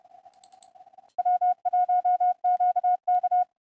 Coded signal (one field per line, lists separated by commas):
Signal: Morse code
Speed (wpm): 31 wpm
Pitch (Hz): 720 Hz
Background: none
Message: W1QK